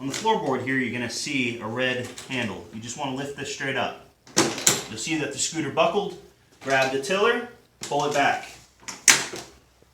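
Someone talks while folding a Transport Plus mobility scooter, lifting the red handle on the floorboard straight up so the frame buckles, with sharp knocks around 4.3–4.7 s. The tiller is then pulled back until the metal folding latch of the frame engages with a clear click at 9.1 s, seating it shut.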